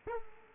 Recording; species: mosquito wingbeat signal from an infrared sensor; Culex quinquefasciatus